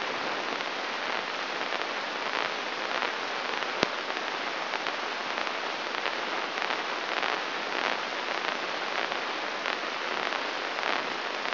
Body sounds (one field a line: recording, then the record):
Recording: brain microelectrode recording played as sound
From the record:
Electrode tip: inside the subthalamic nucleus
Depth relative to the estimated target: -1 mm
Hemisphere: right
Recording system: AlphaMap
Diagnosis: Parkinson's disease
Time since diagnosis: 24 years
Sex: male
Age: 67 years